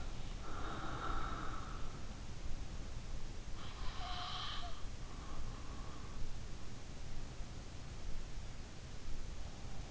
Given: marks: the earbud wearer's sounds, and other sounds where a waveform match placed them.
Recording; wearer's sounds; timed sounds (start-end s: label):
sounds in sleep by an in-ear microphone; breath
0.00-5.76 s: breath